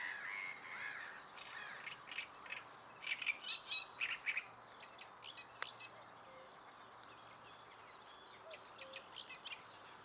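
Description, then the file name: Bird chirps and trills, strongest in the first half, with a cluster of loud notes near the middle, then softer scattered calls over faint background noise. Recorded in Berlin Buch. "Frogs Birds and bikes in Berlin Buch"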